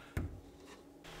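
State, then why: Seated. A plastic cover plate is pressed onto a cabinet door hinge and snaps into place with one short, sharp click at 0.2 s. A low thump trails off over the next quarter second, and the rest is quiet. The plate is seated.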